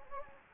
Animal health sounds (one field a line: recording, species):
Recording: mosquito wingbeat signal from an infrared sensor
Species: Anopheles gambiae